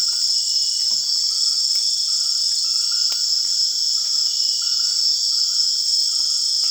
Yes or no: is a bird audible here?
no